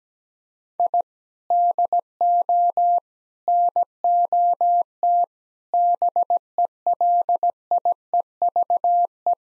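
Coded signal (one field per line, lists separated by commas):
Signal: Morse code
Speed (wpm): 17 wpm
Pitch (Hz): 700 Hz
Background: none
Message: I DO NOT BELIEVE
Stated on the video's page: Morse code practice sentences of common five-word phrases at 17 wpm for head-copy, each sent twice with first words spoken.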